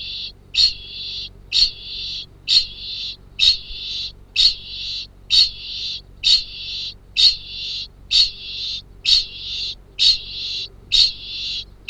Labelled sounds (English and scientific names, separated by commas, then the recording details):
Kākāpō (Strigops habroptilus) ching call
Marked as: faintness 1/5
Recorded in New Zealand
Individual Arab